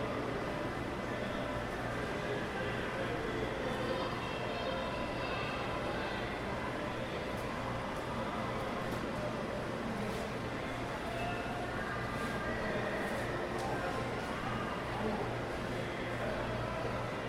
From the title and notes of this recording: While sitting on a bench in the middle of an indoor mall rife with sounds of people and their machines, the idle visitor can bask inside a flux of mechanic frequencies. Ventilation systems drive drones into a reverberant space, topped with windows and a soaring ceiling.